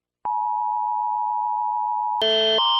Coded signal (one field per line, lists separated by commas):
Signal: Emergency Alert System (SAME) tones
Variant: 853 and 960 Hz attention tone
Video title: Mr Incredible Becoming Uncanny/Canny : EAS Alarms